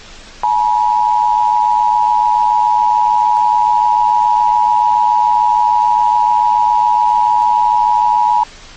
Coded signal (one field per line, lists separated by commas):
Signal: Emergency Alert System (SAME) tones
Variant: 853 and 960 Hz attention tone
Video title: 200 SUBSCRIBER SPECIAL - He's here-an EAS scenario (TEASER)